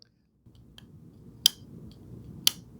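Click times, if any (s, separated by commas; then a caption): 1.5 s, 2.5 s. A CIVIVI folding pocket knife's blade is worked into its locked position in the handle, with faint handling ticks over a low background rumble. The lock engages with two sharp metallic clicks at 1.5 s and 2.5 s, seating with a solid click and no blade rocking.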